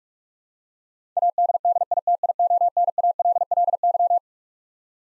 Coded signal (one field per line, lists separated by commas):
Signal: Morse code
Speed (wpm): 44 wpm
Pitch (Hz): 700 Hz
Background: none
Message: ADDITIONALLY